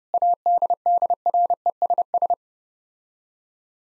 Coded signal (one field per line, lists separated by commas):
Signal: Morse code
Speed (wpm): 30 wpm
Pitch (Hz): 700 Hz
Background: none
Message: ADDRESS